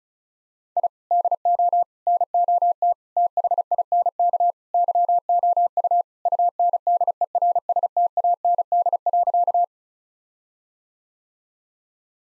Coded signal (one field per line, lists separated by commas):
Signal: Morse code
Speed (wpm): 34 wpm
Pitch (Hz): 700 Hz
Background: none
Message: I DO NOT THINK YOU UNDERSTAND.